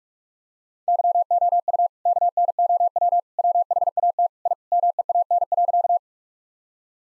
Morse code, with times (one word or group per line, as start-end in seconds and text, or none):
0.9-1.9 YOU
2.1-3.2 KNOW
3.4-4.3 WHAT
4.5-4.5 I
4.7-6.0 MEAN.